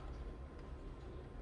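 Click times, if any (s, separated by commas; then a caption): none. A memory module is held in one hand and lined up over a DIMM slot on the motherboard of a DELL OptiPlex 3010 SFF during an upgrade, just before being pressed in. Only a steady low rumble and faint background noise are heard, with no distinct transients. Nothing has seated or clicked yet.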